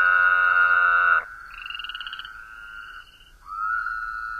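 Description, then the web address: Woodhouse's toad giving a loud, nasal, buzzy bleat of about one second that stops abruptly, followed by quieter overlapping calls: a pulsed trill and a rising drawn-out note. "Natures Songs N America Songs of Frogs Toads of North America Woodhouses Toad"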